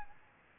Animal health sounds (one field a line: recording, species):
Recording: mosquito wingbeat signal from an infrared sensor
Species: Aedes albopictus